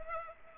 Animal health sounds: mosquito wingbeat signal from an infrared sensor; Culex pipiens

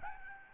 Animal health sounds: mosquito wingbeat signal from an infrared sensor; Aedes albopictus

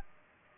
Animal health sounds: mosquito wingbeat signal from an infrared sensor; Culex pipiens

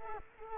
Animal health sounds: mosquito wingbeat signal from an infrared sensor; Culex quinquefasciatus

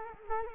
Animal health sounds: mosquito wingbeat signal from an infrared sensor; Culex quinquefasciatus

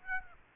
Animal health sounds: mosquito wingbeat signal from an infrared sensor; Aedes aegypti

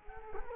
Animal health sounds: mosquito wingbeat signal from an infrared sensor; Culex quinquefasciatus

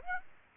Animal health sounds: mosquito wingbeat signal from an infrared sensor; Aedes aegypti

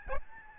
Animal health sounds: mosquito wingbeat signal from an infrared sensor; Aedes albopictus

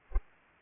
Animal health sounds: mosquito wingbeat signal from an infrared sensor; Culex pipiens

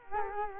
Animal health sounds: mosquito wingbeat signal from an infrared sensor; Culex quinquefasciatus

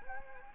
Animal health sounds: mosquito wingbeat signal from an infrared sensor; Anopheles gambiae

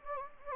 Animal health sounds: mosquito wingbeat signal from an infrared sensor; Anopheles gambiae

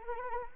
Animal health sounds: mosquito wingbeat signal from an infrared sensor; Anopheles arabiensis

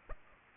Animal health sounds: mosquito wingbeat signal from an infrared sensor; Aedes aegypti

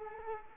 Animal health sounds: mosquito wingbeat signal from an infrared sensor; Culex quinquefasciatus

